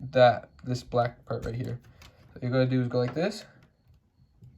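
Someone talks while handling the black gear-selector part of the gearbox on a Nifeliz Sports Car X19 plastic building-brick sports car model, getting ready to push it by hand into a gear position. Only speech is heard, followed by a faint tick near 3.6 s and quiet handling. Nothing has seated or clicked yet.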